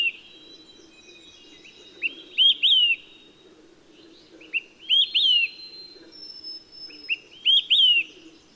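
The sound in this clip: Olive-sided flycatcher song, a loud three-part whistled phrase, short note then two slurred rising-falling notes, repeated about every 2.5 seconds, with other birds faintly chirping and a low rumble.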